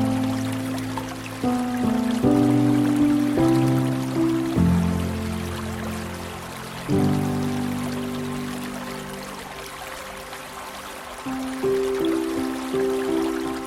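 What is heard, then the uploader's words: Slow piano music plays in soft, ringing chords that change every second or two, with a long-held chord in the middle and higher notes entering near the end. A steady trickling hiss like flowing water runs underneath throughout. Relaxing Piano Music & Forest Sounds.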